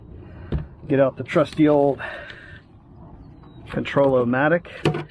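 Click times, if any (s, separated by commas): 0.5 s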